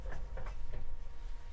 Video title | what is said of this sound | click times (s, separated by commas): Woodturning. Can it be done with a carbide?? #artandcraft #creative #woodturning #carbide chisels | right little click like that that makes sure that holds nice and tight | 0.4 s